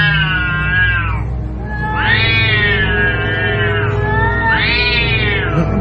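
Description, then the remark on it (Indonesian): A fierce cat yowls in three long, drawn-out wails, each rising then sliding in pitch, loud over a steady low background hum. “Ia mengatakan ada suara kucing menyeringai dan garang sekali.”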